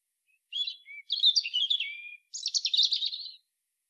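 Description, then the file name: European robin song: three quick high phrases of thin, tumbling notes with a short low whistle between them, over a silent background. "Erithacus rubecula"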